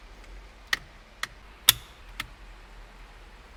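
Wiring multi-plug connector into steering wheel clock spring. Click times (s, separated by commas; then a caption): 0.7 s, 1.2 s, 1.7 s. On an Audi A1 undergoing airbag clock spring/squib replacement for fault code B10001B, the wiring multi-plug connectors are pushed back into their sockets on the clock spring under the steering wheel. Sharp plastic latch clicks are heard at 0.7 s, 1.2 s and 1.7 s, the last being the loudest, followed by a softer tick at 2.2 s over a quiet background. The connectors are seated.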